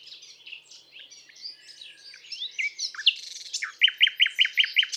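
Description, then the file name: Common nightingale song: soft, varied twittering phrases, then a loud, clear series of repeated sharp notes, about five per second, at the end. "Rossignol philomele"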